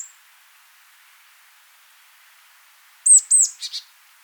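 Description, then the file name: Marsh tit call: near the end, two sharp high downslurred notes quickly followed by a few short buzzy notes, after almost three seconds of quiet. "Poecile palustris"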